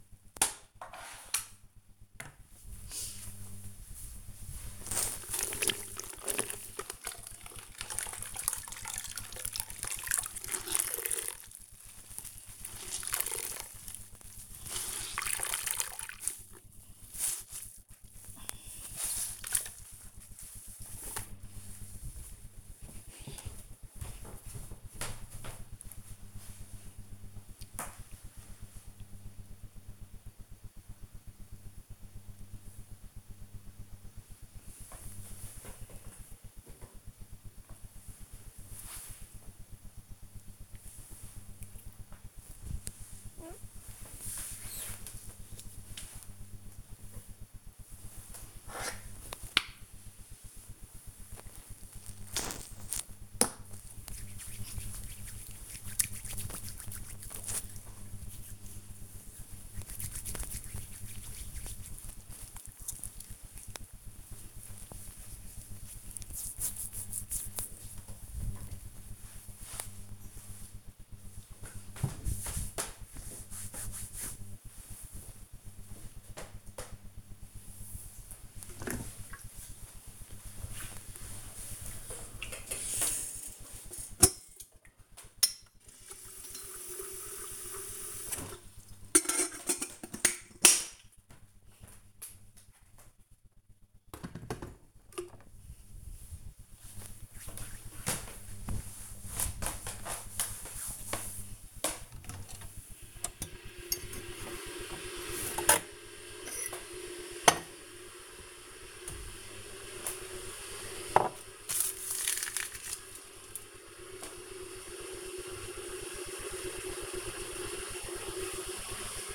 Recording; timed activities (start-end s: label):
household activities, microphone on the right wrist
0.00-36.57 s: floor cleaning
46.67-67.83 s: cream hands
73.89-119.35 s: making tea